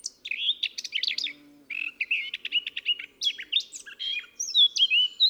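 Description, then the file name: Eurasian blackcap singing a near-continuous, rapid warble that mixes scratchy chatter with rising and falling fluty whistles. "Sylvia atricapilla"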